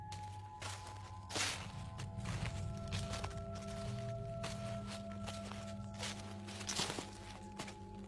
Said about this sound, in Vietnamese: Cứ như vậy không biết là được bao lâu, tôi bất chợt loáng thoáng tỉnh giấc, bởi tôi nghe bên tai có tiếng bước chân sột soạt dẫm trên lá cây khô.